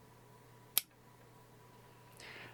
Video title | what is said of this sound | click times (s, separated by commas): Propeller Quick-Release Plate Change | you stick the prop on there right and you just twist this until you hear the click | 0.8 s